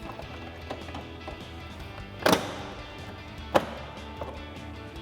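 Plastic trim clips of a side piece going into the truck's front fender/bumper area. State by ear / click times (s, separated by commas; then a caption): seated / 2.3 s, 3.6 s. A side trim piece's plastic clips are lined up and pushed home into the front fender and bumper area of a 2019-2021 Silverado 1500 during installation of a Barricade Extreme HD Modular Front Bumper. Two sharp snaps sound at 2.3 s and 3.6 s over steady background music. The clips seat and the trim piece pops into place.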